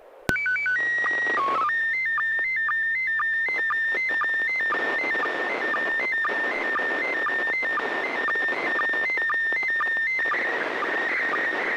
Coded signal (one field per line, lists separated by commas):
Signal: SSTV (slow-scan television)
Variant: PD 120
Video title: N6NA SSTV Net - 06/08/2022